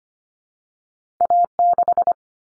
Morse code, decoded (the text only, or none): A6